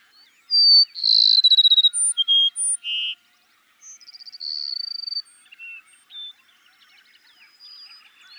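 Cassin's sparrow song: a sharp whistle, a fast pulsing trill and several clear notes at varied pitches, followed by a second softer phrase and faint chirps.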